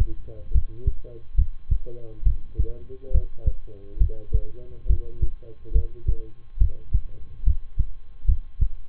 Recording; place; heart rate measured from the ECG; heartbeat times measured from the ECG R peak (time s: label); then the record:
heart sounds by stethoscope; between the tricuspid and mitral areas; 70 bpm
0.51 s: heartbeat
1.35 s: heartbeat
2.23 s: heartbeat
3.11 s: heartbeat
3.97 s: heartbeat
4.86 s: heartbeat
5.71 s: heartbeat
6.57 s: heartbeat
7.43 s: heartbeat
8.25 s: heartbeat
From the record:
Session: rest, lying down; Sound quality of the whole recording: good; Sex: male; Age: 23 years